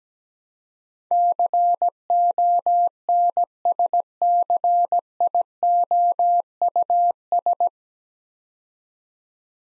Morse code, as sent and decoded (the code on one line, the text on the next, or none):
-.-. --- -. ... -.-. .. --- ..- ...
CONSCIOUS